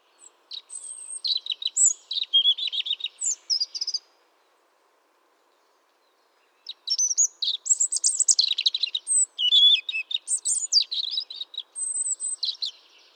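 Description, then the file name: European Robin song: thin, high, tumbling warbled phrases with sharp trills and squeaky notes, a burst of about four seconds, a pause, then a longer varied outpouring. "rotkehlchen"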